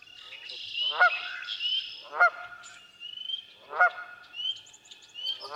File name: Canada Goose